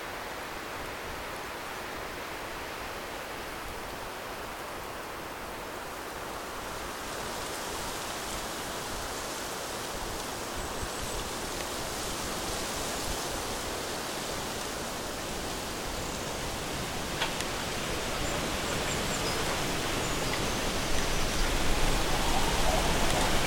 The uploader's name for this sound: Stronger Winds in a Bamboo Forest